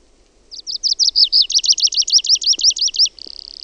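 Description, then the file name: Tree pipit song: a fast series of high, sharp downslurred notes, ending in a buzzy sustained note. "METSAKIRVINEN"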